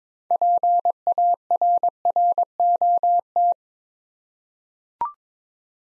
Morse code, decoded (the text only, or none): PARROT